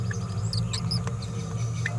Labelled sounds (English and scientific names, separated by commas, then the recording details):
Green-rumped Parrotlet (Forpus passerinus) babbling
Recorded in a nest box in Venezuela
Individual 18B17A4